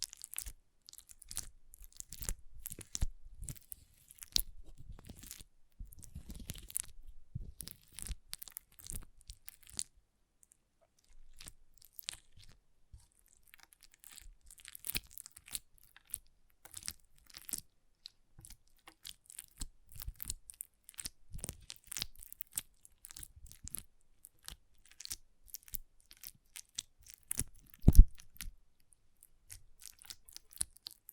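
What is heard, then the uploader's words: Water beads are squished and rolled, making a dense run of wet crackles, pops and squelches that comes in uneven bursts with brief quiet gaps. Soft low thumps sit under the clicks, and a sharper, louder squelch stands out near the 28-second mark. ASMR Soothing & Deep Water Beads Sounds (No Talking).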